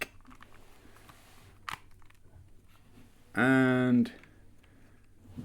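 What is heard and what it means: A plastic tab is tapped into its slot and the last part, the neck piece, fits into the body of a Transformers Legacy United Beast Wars Universe Commander Class Magmatron toy. Sharp plastic clicks land at 0.0 s and 1.7 s, and someone talks briefly afterward. The pieces are seated in place.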